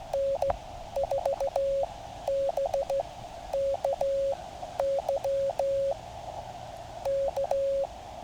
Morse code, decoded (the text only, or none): N4BKY K